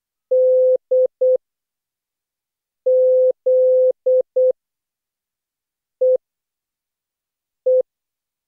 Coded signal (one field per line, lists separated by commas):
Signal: Morse code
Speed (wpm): 12 wpm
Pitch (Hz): 510 Hz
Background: none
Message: D Z E E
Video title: Daily Minutes, December 2, 2015, without the Contestia.